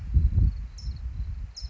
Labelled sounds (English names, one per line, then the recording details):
California Towhee
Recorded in Sonoma County, California